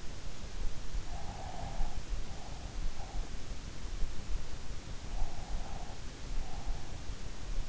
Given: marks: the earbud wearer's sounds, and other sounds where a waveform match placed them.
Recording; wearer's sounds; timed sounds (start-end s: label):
sounds in sleep by an in-ear microphone; breath
1.25-3.32 s: breath
5.06-7.07 s: breath